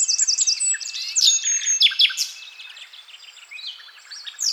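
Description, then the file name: Common nightingale song of quick, high descending notes and rich warbled phrases, fading into softer twittering with a sharp note at the close. "Luscinia megarhynchos"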